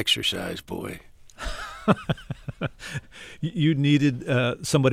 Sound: soundbite of laughter

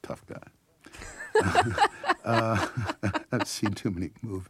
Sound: laughter

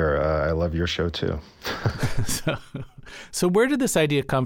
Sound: laughter

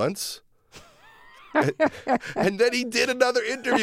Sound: laughter

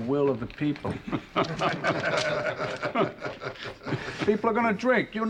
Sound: soundbite of laughter

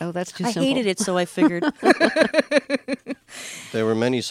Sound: laughter

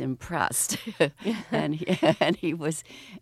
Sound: soundbite of laughter

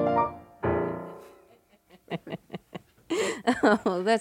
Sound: laughter

